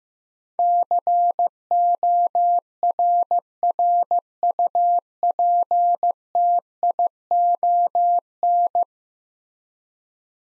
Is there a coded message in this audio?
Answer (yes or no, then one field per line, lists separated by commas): yes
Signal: Morse code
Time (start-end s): 0.6-8.8 s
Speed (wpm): 15 wpm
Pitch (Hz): 700 Hz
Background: none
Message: CORRUPTION